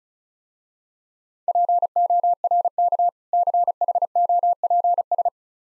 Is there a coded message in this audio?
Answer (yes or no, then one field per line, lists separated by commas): yes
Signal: Morse code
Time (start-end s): 1.5-5.3 s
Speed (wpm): 36 wpm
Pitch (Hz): 700 Hz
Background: none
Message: PORK CHOPS